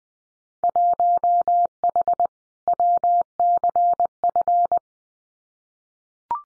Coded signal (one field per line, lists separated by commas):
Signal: Morse code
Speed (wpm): 20 wpm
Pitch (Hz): 700 Hz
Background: none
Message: 1H WCF